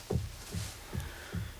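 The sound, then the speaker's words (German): Persistent knocking or hammering from an unknown source that has gone on for a long time: four dull, low thuds land at a steady, even pace, each a short heavy blow, moderately quiet with no voices over them. “Sag mal, wer hämmert denn da? Keine Ahnung, klopft schon lange.”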